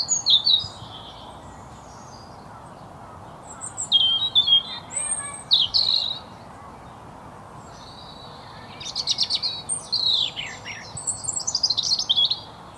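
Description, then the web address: European robin song: high, thin warbling phrases with trills and slurred whistles, given in bursts separated by pauses of a few seconds, over a steady low background hiss. "SETE data Erithacus rubecula"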